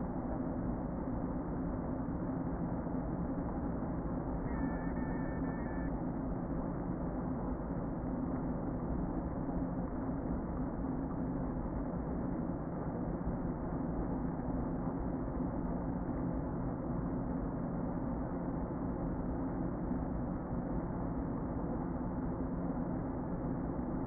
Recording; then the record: honeybee colony, microphone inside the hive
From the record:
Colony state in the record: queen present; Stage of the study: before two queens were removed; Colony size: about 60,000 bees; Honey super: yes